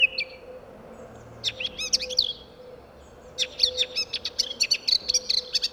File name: Sylvia atricapilla